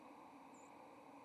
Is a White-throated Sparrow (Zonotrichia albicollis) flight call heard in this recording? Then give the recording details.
yes. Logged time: 09:16 on 30 October 2014